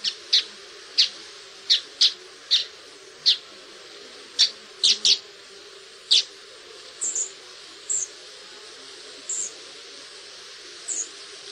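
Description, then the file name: Red-backed shrike calls: a string of hard, clicking chack notes repeated at irregular short intervals, followed by a few thinner high squeaks, with quiet background hum. "tornskate"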